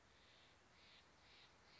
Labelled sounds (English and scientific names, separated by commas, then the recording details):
Steller's Jay (Cyanocitta stelleri)
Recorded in Sonoma County, California